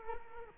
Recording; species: mosquito wingbeat signal from an infrared sensor; Culex quinquefasciatus